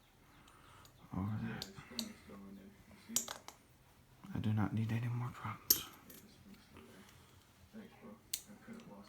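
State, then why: Seated. A homemade replacement part is pushed into position on the chassis of a Losi 8ight RTR nitro RC buggy while someone talks, with scattered handling knocks and taps. At 8.3 s a sharp click is heard as the part seats and locks in place.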